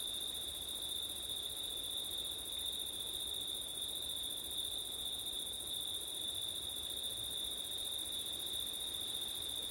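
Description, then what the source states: A continuous high cricket trill holds level throughout, accompanied by a gentle background hiss of wind. Crickets at night in September, with wind; recorded with an ORTF stereo setup (given as 'ortif').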